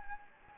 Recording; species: mosquito wingbeat signal from an infrared sensor; Anopheles gambiae